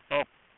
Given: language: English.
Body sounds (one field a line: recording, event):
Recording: throat vibration sensor signal played as sound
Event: speech